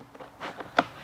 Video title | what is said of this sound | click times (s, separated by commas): Peg Perego Primo Viaggio 4-35 Urban Mobility Baseless Infant Car Seat: Overview & Features | without having to manually rethread the harness so you can hear it making click sounds | 0.6 s, 0.8 s